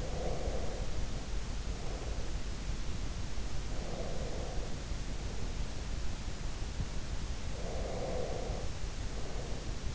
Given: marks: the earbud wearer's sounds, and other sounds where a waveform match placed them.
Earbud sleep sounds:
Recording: sounds in sleep by an in-ear microphone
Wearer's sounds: breath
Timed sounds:
0.00-2.53 s: breath
3.64-6.11 s: breath
7.41-9.88 s: breath

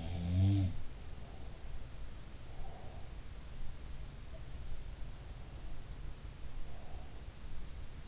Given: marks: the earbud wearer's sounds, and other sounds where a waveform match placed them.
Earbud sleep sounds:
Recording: sounds in sleep by an in-ear microphone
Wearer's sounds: breath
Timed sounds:
0.00-1.60 s: sound from someone else or the room
2.29-3.17 s: breath
6.52-7.41 s: breath

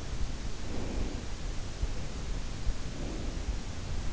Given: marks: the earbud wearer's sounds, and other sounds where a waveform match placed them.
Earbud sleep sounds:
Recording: sounds in sleep by an in-ear microphone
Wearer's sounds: breath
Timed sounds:
0.28-1.63 s: breath
2.60-3.96 s: breath

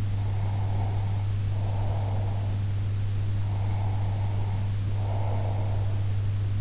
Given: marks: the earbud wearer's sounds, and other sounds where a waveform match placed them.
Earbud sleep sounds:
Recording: sounds in sleep by an in-ear microphone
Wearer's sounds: breath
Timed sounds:
0.17-2.57 s: breath
3.48-6.11 s: breath

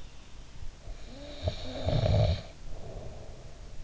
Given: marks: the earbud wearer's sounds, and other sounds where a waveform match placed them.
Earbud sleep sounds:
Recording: sounds in sleep by an in-ear microphone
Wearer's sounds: snoring breath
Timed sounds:
0.78-3.83 s: snoring breath

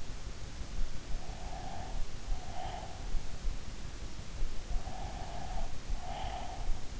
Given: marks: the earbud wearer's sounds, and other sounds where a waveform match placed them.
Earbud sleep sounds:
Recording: sounds in sleep by an in-ear microphone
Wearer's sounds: breath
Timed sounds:
1.09-3.22 s: breath
4.70-6.97 s: breath

